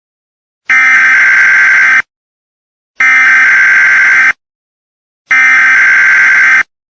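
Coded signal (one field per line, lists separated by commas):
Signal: Emergency Alert System (SAME) tones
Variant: header bursts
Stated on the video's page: Custom-made EAS alert, not a real broadcast.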